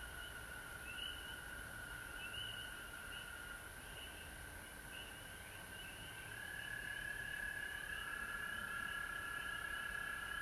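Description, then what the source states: Frogs in chorus, sparse rising peeps early, then a fuller, louder wall of trilling builds in the second half. Recorded at home in Georgia on March 19, 2020.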